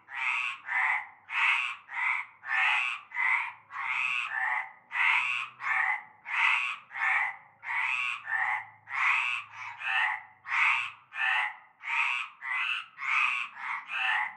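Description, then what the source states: Frogs croaking together, rapid harsh rasps in pairs and singles, about one and a half per second, a faint low hum beneath. Chorus of frogs from nightfall in a large concrete basin with stagnant greenish water, Avenue Cante Coucou, Groupède, La Ciotat, Bouches-du-Rhône, France.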